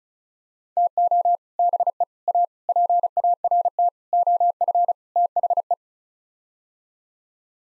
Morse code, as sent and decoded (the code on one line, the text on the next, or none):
- --- / -... . / .- / .--. .- .-. - / --- ..-. / - .... .
TO BE A PART OF THE